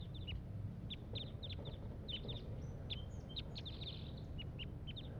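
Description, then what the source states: Crossbill calls: short, sharp, high chips repeated in quick irregular bursts over a steady low background rumble. One wild bird calling from the top of a pine tree.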